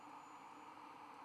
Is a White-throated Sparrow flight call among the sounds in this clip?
no